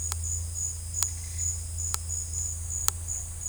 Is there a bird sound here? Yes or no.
no